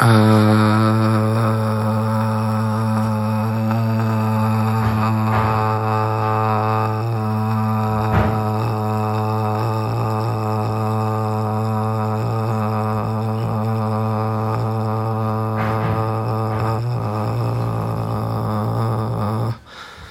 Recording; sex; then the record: sustained vowel /a/; male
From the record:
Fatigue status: fatigue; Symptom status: symptomatic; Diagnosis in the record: COVID-19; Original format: m4a